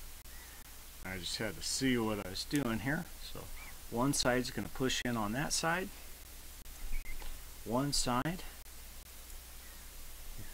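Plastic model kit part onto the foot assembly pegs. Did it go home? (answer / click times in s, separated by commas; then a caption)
no / none. Someone talks while handling a Sinanju plastic model kit, lining up the second side of a foot part to clip onto its pegs on the foot assembly, over a steady low background hum. Nothing has seated or clicked yet.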